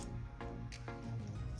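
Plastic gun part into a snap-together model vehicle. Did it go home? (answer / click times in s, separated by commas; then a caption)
no / none. A plastic shell-launcher part of a snap-together Robogear Spider (6010) model weapon is handled as it is pushed toward its place on the model vehicle. Short plastic taps and rubs are heard at about 0.4, 0.7 and 0.9 seconds over a steady low hum. Nothing has seated or clicked in yet.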